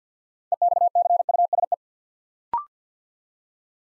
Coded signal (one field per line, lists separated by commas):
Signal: Morse code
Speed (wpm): 50 wpm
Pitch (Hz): 700 Hz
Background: none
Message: EXCUSE